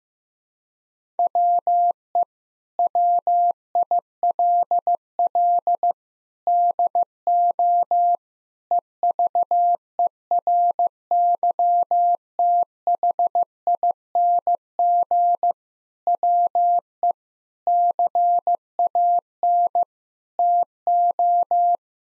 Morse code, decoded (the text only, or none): WE WILL DO EVERYTHING WE CAN TO